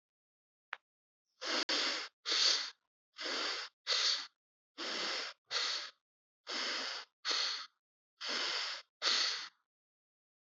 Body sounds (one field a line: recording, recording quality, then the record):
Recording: shallow breathing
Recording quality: excellent, no background noise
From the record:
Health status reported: healthy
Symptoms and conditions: none ticked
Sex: male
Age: 41 years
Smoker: not ticked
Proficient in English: yes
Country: India